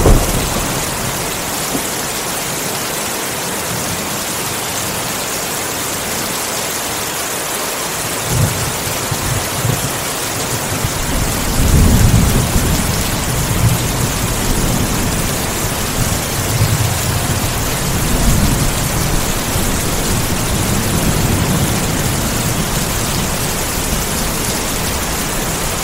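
Steady, dense rain hisses evenly outside a window for the whole clip. From about eight seconds on, low rumbling rolls in underneath, swelling near twelve seconds and again around seventeen and twenty-one, like thunder.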